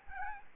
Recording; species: mosquito wingbeat signal from an infrared sensor; Aedes albopictus